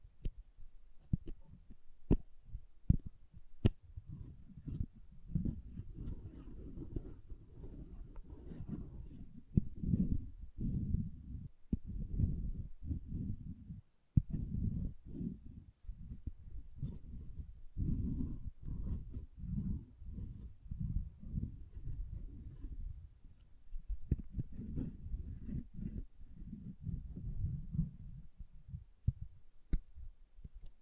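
Soap being tapped and carved gives dense, low, muffled scraping in bursts, broken by sharp clicks and brief pauses throughout.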